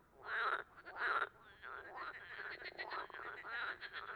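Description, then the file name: Frogs in chorus, two loud croaking bursts followed by a steady run of overlapping pulsed calls. Amphibians calling at a tuilerie (tile works) on 18 March 2017. "2017-03-18 tuilerie chant amphibiens grenouilles"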